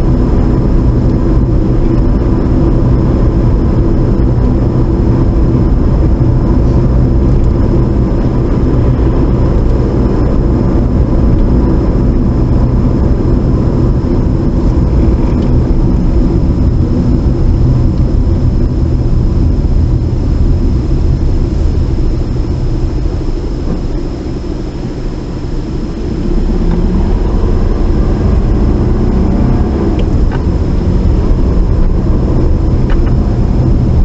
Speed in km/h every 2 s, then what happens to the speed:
42, 44, 44, 44, 45, 40, 35, 31, 24, 18, 11, 3, 8, 15, 18, 24, 26.
0-9 steady at about 44. 9-22 slows to 3. 22-30 speeds up to 24.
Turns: none.